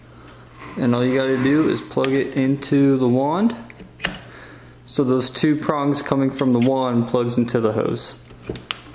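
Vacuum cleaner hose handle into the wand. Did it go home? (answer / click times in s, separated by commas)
yes / 8.7 s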